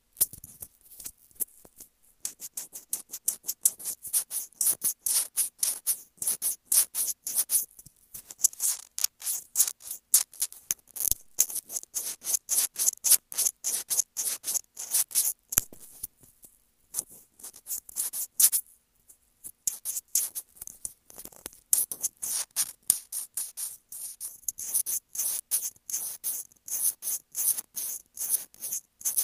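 A sensitive microphone is scratched in quick, dense bursts of hissy, bright rasping that run almost the whole time, like rubbing or filing. The strokes come in rapid uneven clusters, with brief pauses around 11, 16 and 19 seconds.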